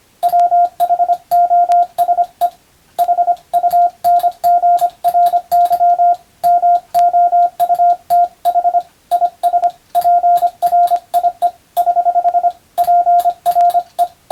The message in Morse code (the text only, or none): WHOSE HUNGRY MOUTH IS PRIE <HH> PRE